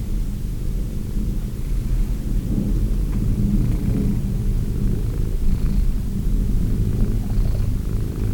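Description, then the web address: Cat purr, a loud low rumble with uneven swells. Cat named Wilson. "~pelikas CATSOUNDS Wilson Cat"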